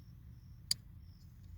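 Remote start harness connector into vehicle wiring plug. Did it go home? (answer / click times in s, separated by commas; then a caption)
yes / 0.7 s. A plastic remote start harness connector is pushed into the vehicle wiring plug at the brake switch area of a 2017–2019 Elantra (key start only, no push button start). A single sharp, bright click sounds at 0.7 s over a faint low rumble, and the connector is seated.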